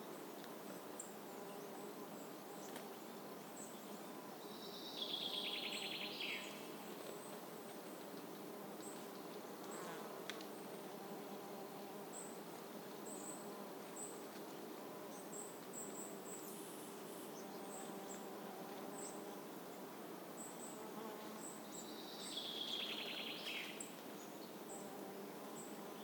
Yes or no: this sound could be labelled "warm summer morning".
yes